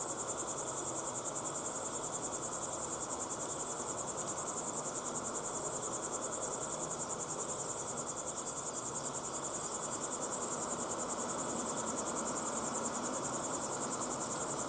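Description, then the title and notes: Crickets produce a continuous, rapid high chirping chorus, pulses evenly spaced and unbroken, with a low rustling hiss underneath. Several crickets chirping at sunset in the Timanfaya pyroclastic desert, Lanzarote; recorded in the field with ambisonic equipment, converted to binaural audio. "Binaural Cricket Sounds. crickets at sunset in the incredible Timanfaya pyroclastic desert on the island of Lanzarote"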